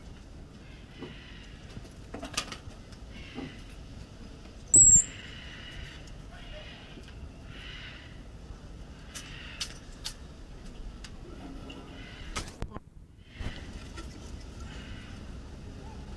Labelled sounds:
Common Squirrel Monkey (Saimiri sciureus) call
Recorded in captivity
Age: adult
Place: Zoopark Erfurt, Thüringen, DE
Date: 1968-10-10
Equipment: Uher 4000 Report-S, Sennheiser MD 421
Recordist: Tembrock, Günter

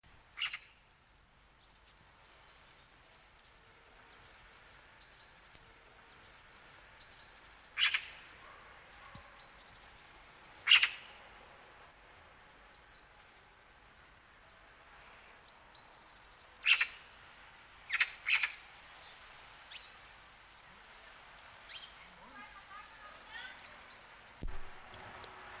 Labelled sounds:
Eurasian Magpie (Pica pica) call
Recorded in the wild
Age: adult
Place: Stubbenfelde, Insel Usedom, Mecklenburg-Vorpommern, DE
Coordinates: 54.0286, 14.0319
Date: 1983-09-20 17:37
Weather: sunny, 16°C
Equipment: Nagra SN, Sennheiser MKH 416 T, Kopie Uher 4000 Report Monitor
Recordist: Tembrock, Günter
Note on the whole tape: Laute (gegen eine Katze?), in einem Weißdorngebüsch

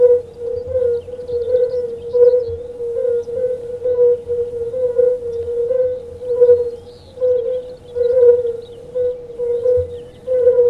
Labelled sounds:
Fire-Bellied Toad (Bombina bombina) call
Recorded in the wild
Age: adult
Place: Grieben, Brandenburg, DE
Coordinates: 52.8611, 13.1972
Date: 1963-06-13 19:30
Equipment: R 20, Vollspur, Transistorverstärker
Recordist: Tembrock, Günter

